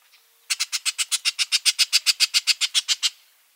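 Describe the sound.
Bullock's oriole chatter: a rapid, regular series of about twenty harsh dry notes lasting about two and a half seconds.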